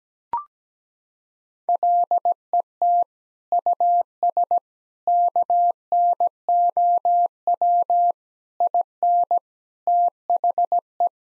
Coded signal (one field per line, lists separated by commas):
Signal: Morse code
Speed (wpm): 17 wpm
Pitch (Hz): 700 Hz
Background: none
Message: LET US KNOW IN THE